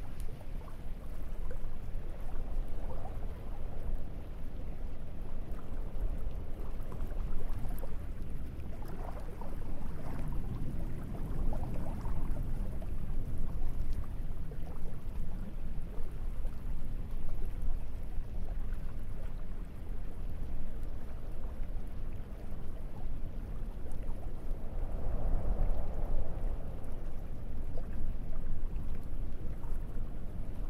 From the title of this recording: ICY LAGOON AMBIENT